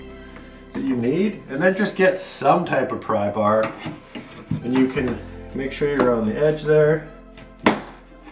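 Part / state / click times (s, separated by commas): laminate/vinyl floor plank into adjacent plank's click joint / seated / 7.7 s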